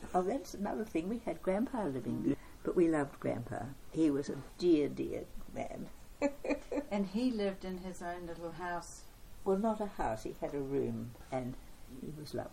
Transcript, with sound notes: Oh, that’s another thing – we had Grandpa living there, but we loved Grandpa. He was a dear, dear man. [Chuckle] And he lived in his own little house. Well not a house, he had a room and he was lovely.